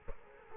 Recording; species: mosquito wingbeat signal from an infrared sensor; Culex quinquefasciatus